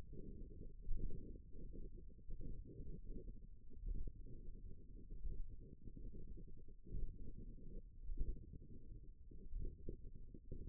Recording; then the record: forearm muscle sounds (acoustic myography)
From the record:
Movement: thumb flexion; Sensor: system 1, eight BSWA MPA416 microphones around the upper forearm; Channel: 7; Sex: female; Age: 21 years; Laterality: right